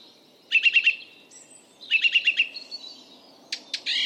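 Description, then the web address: Bird calls: two quick runs of sharp, even notes about a second and a half apart, followed by a few separate high chirps and a buzzy note. "Bird Only"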